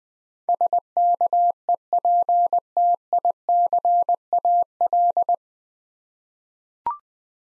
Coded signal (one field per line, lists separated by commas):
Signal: Morse code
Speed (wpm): 20 wpm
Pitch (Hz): 700 Hz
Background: none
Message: SKEPTICAL